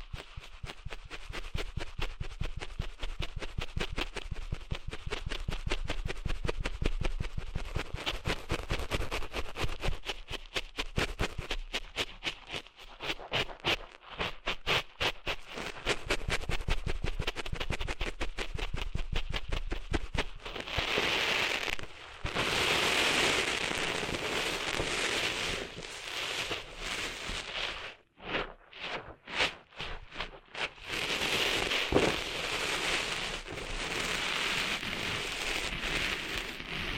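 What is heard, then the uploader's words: Dry scratching and crackling, like sand being worked out of an ear, fills the recording. For the first twenty seconds it comes as fast, dense ticks and grinding; after that it turns into smoother, hissy rubbing, broken by brief pauses near 22 and 28 seconds. ASMR Cleaning Sand Out of Your Ears (No Talking).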